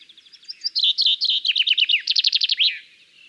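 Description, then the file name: Common chaffinch singing a series of high notes and trills ending in a quick flourish. "Fringilla coelebs 270411"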